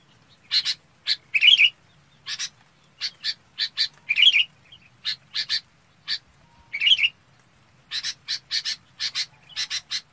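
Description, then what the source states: Red-whiskered bulbul calling: repeated raspy chips, often in pairs, with a few short twangy whistles woven in. Calling the flock.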